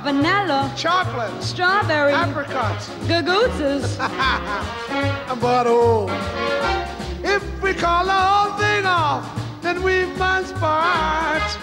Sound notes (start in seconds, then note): 3.5 laughs; 4.9 singing